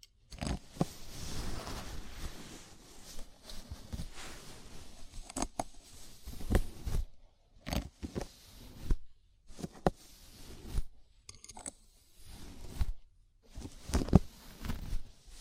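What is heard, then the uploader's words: A scalp massage: fingers rub and scratch through hair in dry, crackling bursts of rustling. The strokes come in uneven runs of a second or two, broken by brief near-silent pauses around seven, nine, eleven and twelve seconds, with sharp clicks scattered throughout. ASMR Sleepy Scalp Massage (No Talking).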